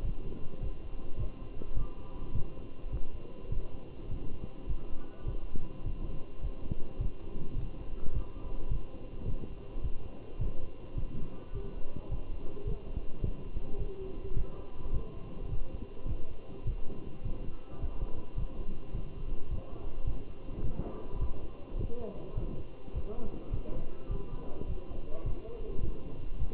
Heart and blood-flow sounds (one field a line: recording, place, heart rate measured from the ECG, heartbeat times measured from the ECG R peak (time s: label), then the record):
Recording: heart sounds by stethoscope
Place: between the tricuspid and mitral areas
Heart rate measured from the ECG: 105 bpm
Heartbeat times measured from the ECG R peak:
0.05 s: heartbeat
0.62 s: heartbeat
1.19 s: heartbeat
1.77 s: heartbeat
2.35 s: heartbeat
2.92 s: heartbeat
3.52 s: heartbeat
4.11 s: heartbeat
4.69 s: heartbeat
5.28 s: heartbeat
5.86 s: heartbeat
6.43 s: heartbeat
7.01 s: heartbeat
7.58 s: heartbeat
8.14 s: heartbeat
8.71 s: heartbeat
9.28 s: heartbeat
9.84 s: heartbeat
10.41 s: heartbeat
10.98 s: heartbeat
11.55 s: heartbeat
12.11 s: heartbeat
12.67 s: heartbeat
13.24 s: heartbeat
13.79 s: heartbeat
14.37 s: heartbeat
14.94 s: heartbeat
15.51 s: heartbeat
16.09 s: heartbeat
16.67 s: heartbeat
17.25 s: heartbeat
17.82 s: heartbeat
18.38 s: heartbeat
18.95 s: heartbeat
19.51 s: heartbeat
20.07 s: heartbeat
20.64 s: heartbeat
21.21 s: heartbeat
21.79 s: heartbeat
22.37 s: heartbeat
22.95 s: heartbeat
23.53 s: heartbeat
24.11 s: heartbeat
24.68 s: heartbeat
25.26 s: heartbeat
25.83 s: heartbeat
26.40 s: heartbeat
From the record:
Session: walking at 3.7 km/h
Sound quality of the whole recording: good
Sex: male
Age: 27 years